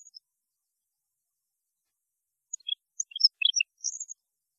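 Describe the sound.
European goldfinch song: faint notes at the start, then a burst of high, sharp twittering chirps after a pause.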